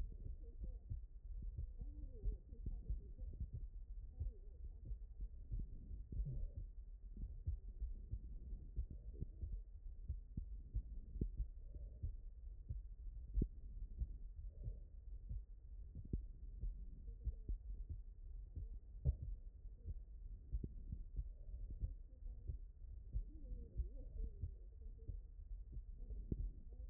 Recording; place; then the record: heart sounds by stethoscope; tricuspid valve (TV)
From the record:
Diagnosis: HFrEF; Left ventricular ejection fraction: 17%